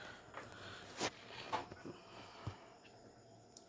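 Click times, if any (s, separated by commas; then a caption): 3.6 s. A wiring connector is pulled off the coil of an IFB washing machine's water inlet valve and pushed back on until it locks. Several short handling noises are followed by a sharp click at 3.6 s as the connector locks back onto the coil.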